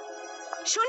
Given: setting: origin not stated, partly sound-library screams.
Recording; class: one-second piece from a danger detection set; woman in danger